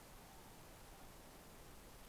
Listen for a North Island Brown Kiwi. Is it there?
no